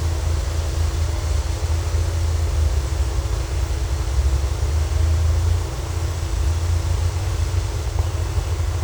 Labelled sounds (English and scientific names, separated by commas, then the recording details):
none
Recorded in secondary vegetation near Puerto Asís, Putumayo, Colombia, on 18 December 2024 at 09:00
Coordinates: 0.468, -76.324
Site G095